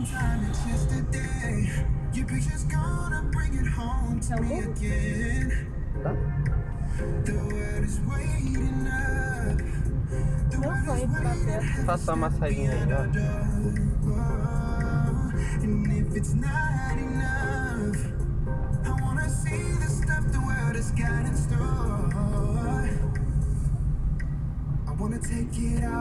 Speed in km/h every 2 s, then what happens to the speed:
20, 22, 17, 17, 19, 20, 22, 18, 18, 19, 21, 21, 19.
0-26 steady at about 19.